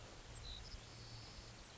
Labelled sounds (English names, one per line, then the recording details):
Savannah Sparrow
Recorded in Sonoma County, California